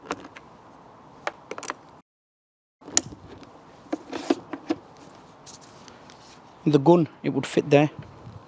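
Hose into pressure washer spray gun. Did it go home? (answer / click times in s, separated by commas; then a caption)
no / none. A pressure washer hose end is handled at the spray gun's quick coupling while someone talks, with short knocks and taps, a brief silence around 2.0–2.8 s, and a sharp transient near 3.0 s. Nothing has clicked or seated into the coupling yet.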